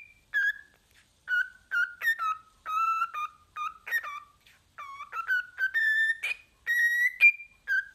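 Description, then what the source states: Cockatiel whistling a melodic phrase of clear tonal notes that step up and down in pitch, with short gaps between notes. Several cockatiels singing with whistles.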